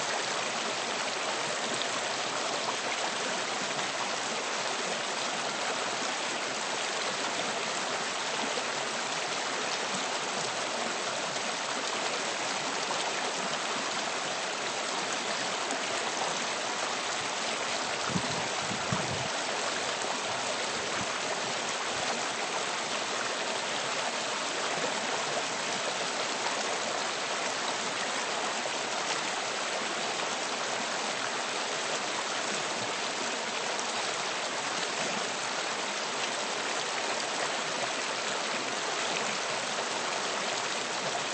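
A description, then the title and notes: A mountain stream rushes steadily past, a dense, even hiss of water with a bright, airy top and little low rumble. The flow holds constant throughout, with a brief deeper burble near the middle, around eighteen to twenty seconds. This is an audio recording of the mountain stream at Fish Camp in the southern part of Philmont Scout Ranch near Cimarron, New Mexico.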